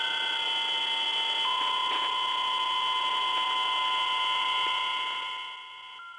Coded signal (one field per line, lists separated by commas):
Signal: PSK31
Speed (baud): 31.25 baud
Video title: Decoding digital hamradio traffic without a radio